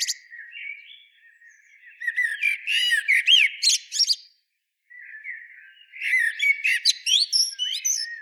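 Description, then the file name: Eurasian blackbird song with two phrases, each a mellow fluted warble followed by rapid, thin, high-pitched twittering notes, separated by a short pause. "Turdus merula"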